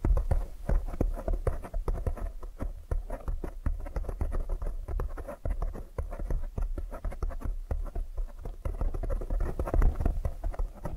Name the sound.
ASMR Tapping